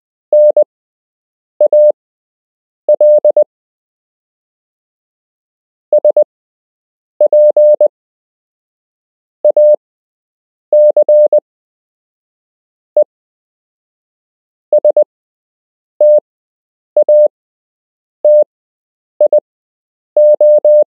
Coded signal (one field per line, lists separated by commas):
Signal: Morse code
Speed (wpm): 20 wpm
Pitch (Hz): 600 Hz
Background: none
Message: NAL SPACE STATIO